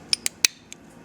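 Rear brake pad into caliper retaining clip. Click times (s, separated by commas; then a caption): 0.4 s. A rear brake pad is pressed down into its retaining clip in the caliper of a Victory motorcycle. Several sharp metallic clicks are heard, with the loudest snap at 0.4 s marking the pad seating in the clip so the bolt holes line up. Other clicks come at 0.1 s, 0.3 s and 0.7 s.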